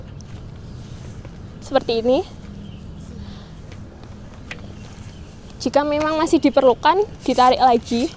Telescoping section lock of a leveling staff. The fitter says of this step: ditarik sampai berbunyi klik seperti